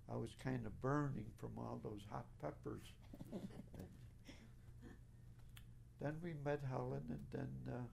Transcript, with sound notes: I was kind of burning from all those hot peppers. ( they laugh ) Then we met Helen and then